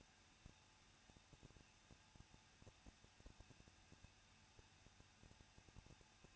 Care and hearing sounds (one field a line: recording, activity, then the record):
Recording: daily activity, microphone in the room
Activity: no activity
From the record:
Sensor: 2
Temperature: 21.0 degrees Celsius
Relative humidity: 37.3%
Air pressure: 1006.2 hPa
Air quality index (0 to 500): 221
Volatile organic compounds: 24 ppm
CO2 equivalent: 2798 ppm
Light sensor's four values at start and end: 2/3/2/2 and 2/3/2/2